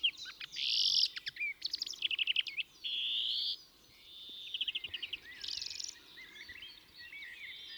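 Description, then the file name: European greenfinch song: rapid dry trills mixed with long wheezy buzzing notes, alternating in quick bursts, with a softer twittering tail toward the end. "Chloris chloris"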